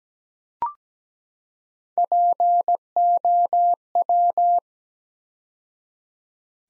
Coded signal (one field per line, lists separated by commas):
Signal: Morse code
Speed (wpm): 17 wpm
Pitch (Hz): 700 Hz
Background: none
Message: POW